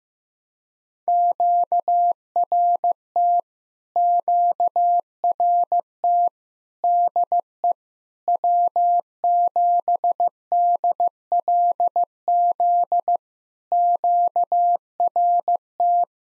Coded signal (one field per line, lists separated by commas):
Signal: Morse code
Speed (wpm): 15 wpm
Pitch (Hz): 700 Hz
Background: none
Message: QRT QRT DE W7DLZ QRT